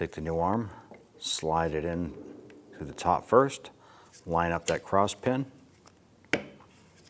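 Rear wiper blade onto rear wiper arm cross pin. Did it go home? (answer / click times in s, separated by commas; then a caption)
yes / 6.3 s. A new rear wiper blade for a 2008–2013 Nissan Rogue is slid onto the top of the rear wiper arm, lined up with the cross pin, and pressed up while someone talks. It snaps into place with a sharp click at 6.3 s, locking the blade onto the arm.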